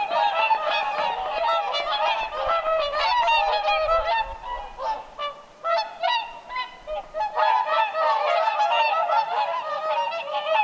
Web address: paivat 6 11 2025 laulujoutsenten aantelya lintulahdella